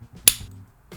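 A copper repair sleeve is snapped onto a copper water pipe to show how it clicks into place. A single sharp, bright click rings out at 0.3 s and quickly fades, and a softer rustle follows near the end. The clamp is seated on the pipe.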